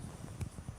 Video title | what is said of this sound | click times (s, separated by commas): ❄️This ALL WHITE RTX 5080 Build Is ABSOLUTELY INSANE! ❄️ | You'll hear them snap actually, you ready? | 0.4 s